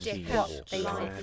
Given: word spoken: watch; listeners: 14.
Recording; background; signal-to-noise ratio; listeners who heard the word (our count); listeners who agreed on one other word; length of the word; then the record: one English word in noise, from a listening test; four-talker babble; -2.2 dB; 1 of 14; 8 of 14; 0.84 s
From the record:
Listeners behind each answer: 8, 1, 1, 1, 1, 1, 1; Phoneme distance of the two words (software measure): 30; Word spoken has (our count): 1 syllable, 3 phonemes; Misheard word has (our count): 1 syllable, 3 phonemes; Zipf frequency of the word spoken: 5.30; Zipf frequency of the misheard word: 4.94